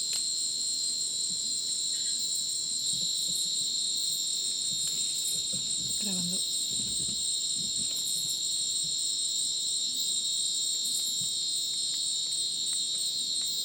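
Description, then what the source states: Crickets trill in a constant high chorus while a brief lower descending call and some rustling sound midway through. Rainforest at Madidi National Park, Ucumari, Bolivia, after sunset; very dense insect chorus likened to a polyrhythmic electronic concert; AT BP4029 microphone, MixPre 6 recorder.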